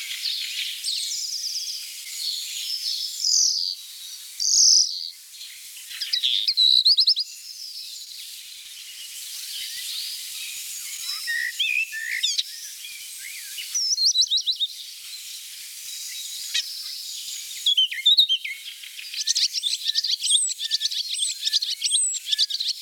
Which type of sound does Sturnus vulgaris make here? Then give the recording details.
song. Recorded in the wild. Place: Oberrotweil am Kaiserstuhl, Baden-Württemberg, DE. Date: 1988-02-21. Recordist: Schwarz, Dieter